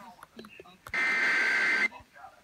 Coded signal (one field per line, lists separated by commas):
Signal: Emergency Alert System (SAME) tones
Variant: header bursts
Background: speech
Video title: NJ Required Monthly Test (6/19/19)